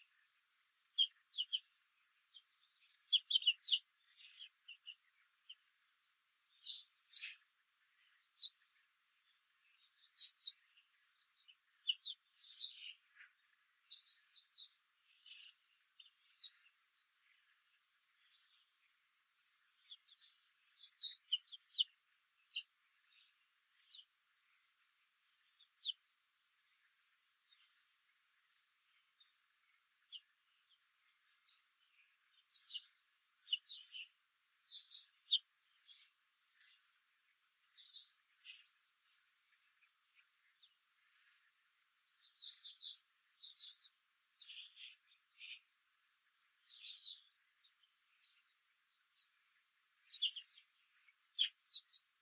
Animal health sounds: young laying hens in a cage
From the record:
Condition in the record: control cage, after the stress test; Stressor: none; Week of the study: 4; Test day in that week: 1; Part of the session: 2

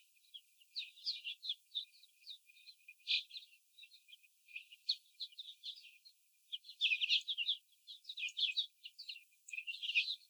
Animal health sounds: young laying hens in a cage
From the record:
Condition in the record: before the stressor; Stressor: simulated dog barking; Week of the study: 4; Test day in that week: 2

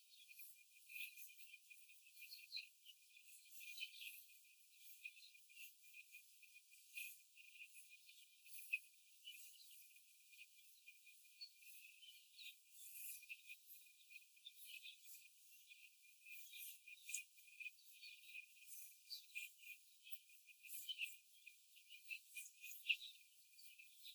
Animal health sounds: young laying hens in a cage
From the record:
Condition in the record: after the stressor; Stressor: simulated dog barking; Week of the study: 4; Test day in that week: 1

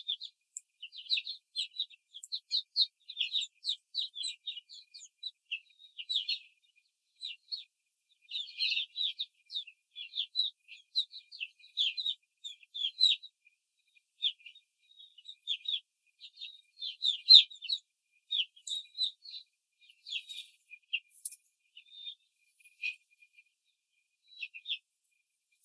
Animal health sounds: young laying hens in a cage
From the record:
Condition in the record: control cage, before the stress test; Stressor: none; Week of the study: 4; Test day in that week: 3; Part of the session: 4

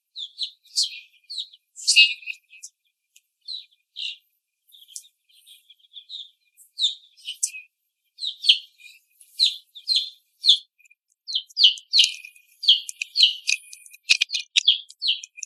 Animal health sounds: young laying hens in a cage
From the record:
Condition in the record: before the stressor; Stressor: simulated dog barking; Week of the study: 1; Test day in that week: 2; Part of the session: 1

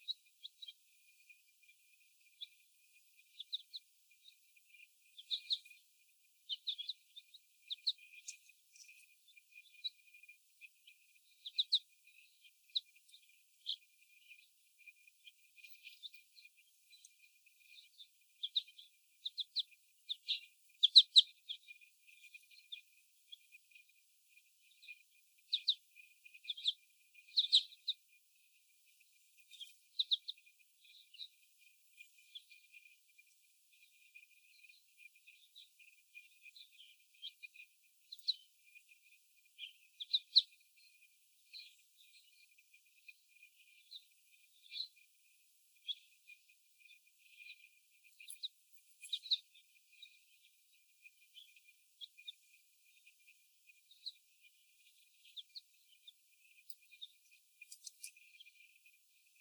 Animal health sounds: young laying hens in a cage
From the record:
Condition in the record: before the stressor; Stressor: sudden umbrella opening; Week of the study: 1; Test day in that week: 1

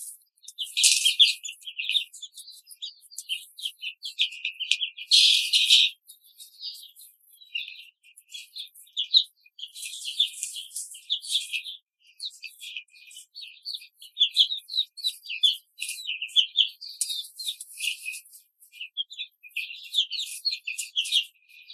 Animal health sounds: young laying hens in a cage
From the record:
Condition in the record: control cage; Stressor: none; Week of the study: 5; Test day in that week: 1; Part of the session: 1

